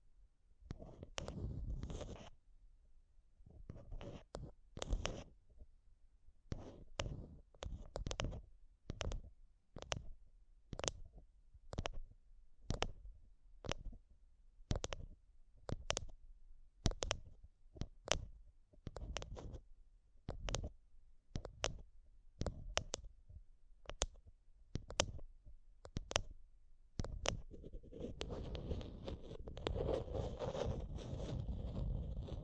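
Mic tapping and scratching: sharp taps arrive in a steady, fairly regular series about once or twice per second for most of the clip, each a bright crack with a dull thump beneath. Near the end the taps stop and a continuous rough, heavy scratching takes over.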